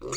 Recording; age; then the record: pig call; weaner (32 to 43 days)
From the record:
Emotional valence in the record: negative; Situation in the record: novel object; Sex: female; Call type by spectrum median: high-frequency call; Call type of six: mixed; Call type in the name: high-frequency modulated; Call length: 0.17 s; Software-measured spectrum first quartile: 532 Hz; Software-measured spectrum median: 2205 Hz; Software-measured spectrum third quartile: 5669 Hz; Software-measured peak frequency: 377 Hz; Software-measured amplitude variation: 112 dB a second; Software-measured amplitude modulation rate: 15.0 a second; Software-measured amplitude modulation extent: 7.5 dB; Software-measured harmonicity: 3.5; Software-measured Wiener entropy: -4.06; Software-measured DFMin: 1098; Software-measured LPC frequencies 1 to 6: 419, 1222, 2167, 3614, 4613, 5695 Hz